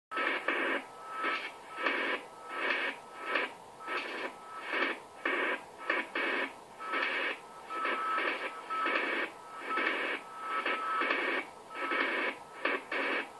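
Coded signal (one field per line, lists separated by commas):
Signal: modem data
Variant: AMIS powerline smart meter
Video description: AMIS Signal der Energie-AG Oberösterreich im Langwellenbereich stören unter anderem den DCF-77 Zeitzeichenempfang sehr stark!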